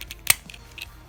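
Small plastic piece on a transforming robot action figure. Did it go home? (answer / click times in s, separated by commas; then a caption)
yes / 0.3 s. A small plastic piece on a Transformers Cyberverse Adventures Arcee robot action figure is lifted during transformation until it snaps into its raised position with a sharp, bright click at 0.3 s. Faint plastic ticks come before and after it. The piece is seated in place, which lets another piece move.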